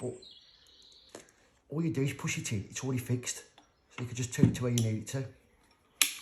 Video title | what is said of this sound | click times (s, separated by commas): Review and Testing of the Dewalt FlexVolt DCG414T2 | it locks into place so | 6.0 s